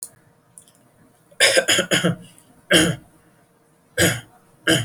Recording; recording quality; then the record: shallow voluntary cough; excellent, no background noise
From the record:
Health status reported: exposed to COVID-19, no respiratory illness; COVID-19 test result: negative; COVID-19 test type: rapid antigen test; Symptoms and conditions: cough, breathing difficulty, diarrhoea, another respiratory illness, another condition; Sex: male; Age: 27 years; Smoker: no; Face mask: worn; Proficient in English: yes